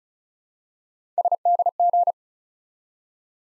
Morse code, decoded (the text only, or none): SDG